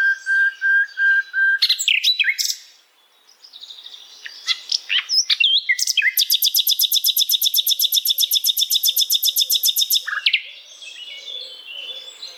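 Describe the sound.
Bird song: a steady whistled note repeated several times, then rapid chirps and a long, even, fast trill of clicking notes lasting about four seconds.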